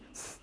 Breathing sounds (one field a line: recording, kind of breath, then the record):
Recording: one breath in and out by a microphone near the nose and mouth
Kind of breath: strong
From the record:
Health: marked as sick, illness not named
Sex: female